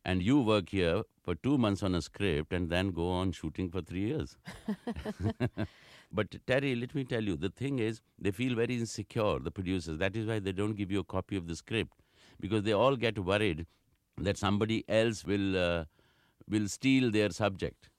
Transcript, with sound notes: And you work here for two months on a script. And then go on shooting for three years.
(LAUGHTER)
But, Terry, let me tell you. The thing is they feel very insecure - the producers. That is why they don't give you a copy of the script - because they all get worried that somebody else will steal their subject.